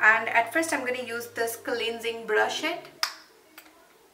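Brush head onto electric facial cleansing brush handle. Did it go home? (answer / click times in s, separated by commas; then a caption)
yes / 3.6 s. Someone talks while a replacement brush head is pushed onto the handle of a Duvolle electric facial cleansing brush. A small, sharp click sounds at 3.6 s as the head snaps on, showing it is attached properly.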